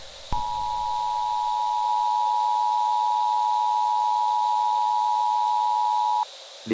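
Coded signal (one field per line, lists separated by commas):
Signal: Emergency Alert System (SAME) tones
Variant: 853 and 960 Hz attention tone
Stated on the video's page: Fictional analog horror emergency broadcast about an unidentified individual.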